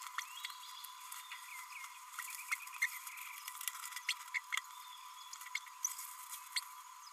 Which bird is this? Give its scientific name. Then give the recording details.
Forpus passerinus. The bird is a male. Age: 29 days. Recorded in a nest box in Venezuela. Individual 17B32A6